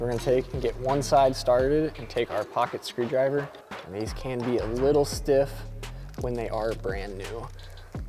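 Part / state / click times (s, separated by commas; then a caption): nut plate into bumper support bracket slot / not seated / none. Someone talks over background music while a metal nut plate from the hardware bag is started on one side of a slot in the bumper support bracket for a Cybertruck CTX Extreme Duty front bumper, with a pocket screwdriver ready to push the other side down. The brand-new nut plate is stiff, and nothing has seated or clicked yet.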